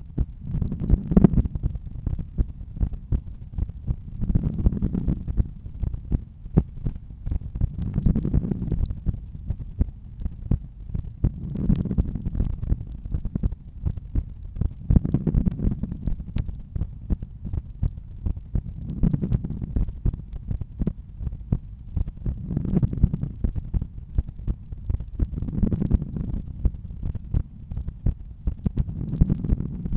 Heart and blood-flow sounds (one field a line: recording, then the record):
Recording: heart sounds by stethoscope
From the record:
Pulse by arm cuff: 81 bpm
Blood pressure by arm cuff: 127/81 mmHg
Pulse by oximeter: 81 bpm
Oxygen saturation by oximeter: 97%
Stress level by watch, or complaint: low stress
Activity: after 1 min smoking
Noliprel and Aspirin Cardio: after pills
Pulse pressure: 46 mmHg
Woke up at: 6:55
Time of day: 21:24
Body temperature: 37.2 C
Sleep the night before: 7 h 39 min, score 71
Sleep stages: REM 24%, light 64%, deep 5%, awake 7%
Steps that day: 12000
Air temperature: 20 C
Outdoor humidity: 79%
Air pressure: 1008 hPa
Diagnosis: hypertension, treated with Noliprel and Aspirin Cardio 100 mg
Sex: male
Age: 53 years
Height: 174 cm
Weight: 81 kg